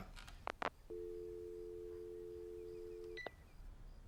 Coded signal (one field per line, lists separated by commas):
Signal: telephone call progress tone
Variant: North America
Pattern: dial tone